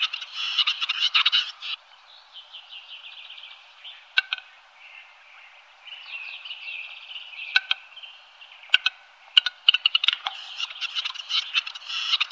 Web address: Faglar Sound Tjader